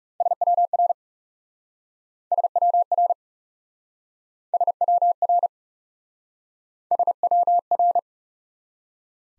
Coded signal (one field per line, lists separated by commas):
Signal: Morse code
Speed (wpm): 38 wpm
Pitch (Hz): 700 Hz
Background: none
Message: SWR SWR SWR SWR